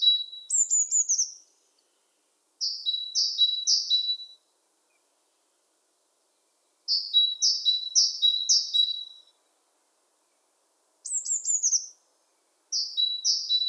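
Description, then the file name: Great tit repeating strings of three or four high-low two-note units in separate bursts, with two brief rapid descending chatters mixed in. "Parus major"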